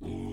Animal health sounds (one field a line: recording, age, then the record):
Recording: pig call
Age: weaner (32 to 43 days)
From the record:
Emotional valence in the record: negative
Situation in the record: negative conditioning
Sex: female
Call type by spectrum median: low-frequency call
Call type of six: low-frequency stable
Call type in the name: low-frequency stable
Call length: 0.33 s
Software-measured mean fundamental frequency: 47 Hz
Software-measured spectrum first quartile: 132 Hz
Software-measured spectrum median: 254 Hz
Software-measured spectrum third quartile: 408 Hz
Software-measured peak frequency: 273 Hz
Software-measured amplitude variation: 119 dB a second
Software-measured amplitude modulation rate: 36.7 a second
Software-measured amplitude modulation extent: 3.3 dB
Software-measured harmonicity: -2.5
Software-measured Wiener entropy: -0.06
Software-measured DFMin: 998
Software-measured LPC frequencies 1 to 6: 315, 794, 2235, 3284, 5410, 6423 Hz